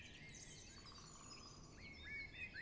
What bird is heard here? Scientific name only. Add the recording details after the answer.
Dendrocopos major. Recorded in Germany. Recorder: ecoPi